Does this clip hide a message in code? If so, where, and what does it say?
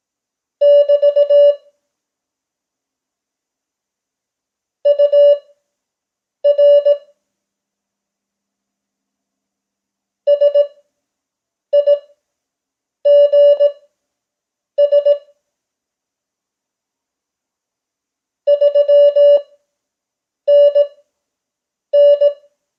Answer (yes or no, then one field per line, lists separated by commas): yes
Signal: Morse code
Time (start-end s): 0.6-22.3 s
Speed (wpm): 18 wpm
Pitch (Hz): 580 Hz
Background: none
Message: <BT> UR SIGS 3NN